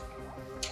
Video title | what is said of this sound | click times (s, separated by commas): Soul Stick Quick Step Binding | the bottom and it locks into place and off you go and | 0.6 s